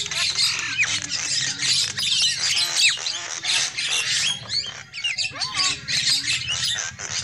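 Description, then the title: Lovebirds give a dense, unbroken chorus of shrill squawks and buzzy chatter, with a few looping whistled notes cutting through. Lovebird calls used as a lure for trapping birds. "PIKAT BURUNG LOVEBIRD"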